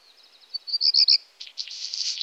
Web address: IVN Zangvogels. Zwarte roodstaart